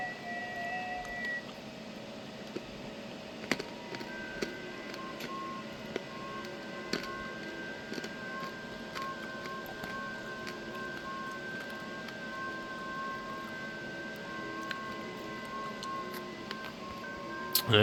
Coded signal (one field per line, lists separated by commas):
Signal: FT8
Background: speech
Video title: How I do 12 days of qrz Ft8 style. every band endorsement (mostly)